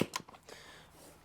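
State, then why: Released. A key is twisted in the rear seat lock of an Ibex 450 motorcycle, and the latch releases with a sharp click at 0.2 s. Fainter clicks and a soft rustle follow around 0.3 s and 0.5 s, with another small click at 1.3 s. The seat latch is released so the seat can be pulled off.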